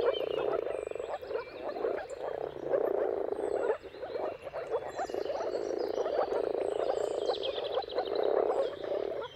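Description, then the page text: Moor frogs call in a thick, bubbling chorus that dips briefly near four seconds, accompanied by high bird twitters. Chorus of moor frogs giving mating calls at sunrise, seen at the turn of March and April depending on the weather. "Jakub-Orzecki moor frogs. Dawn’s Chorus: Mating Calls of Marsh Frogs at Sunrise. Depending on the weather at the turn of March and April, you can witness an amazing spectacle of moor frogs"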